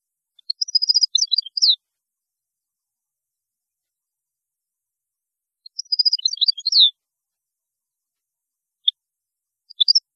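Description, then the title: European goldfinch repeating a short phrase of quick tinkling notes ending in a sweeping twitter twice, then a few sharp chirps. "Chant Chardonneret"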